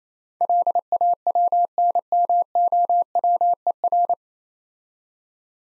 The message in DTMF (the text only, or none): none